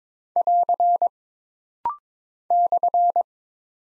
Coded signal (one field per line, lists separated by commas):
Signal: Morse code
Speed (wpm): 22 wpm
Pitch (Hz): 700 Hz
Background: none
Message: <AR> /